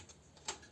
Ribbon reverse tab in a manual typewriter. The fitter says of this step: var takla attığın zaman bakın tık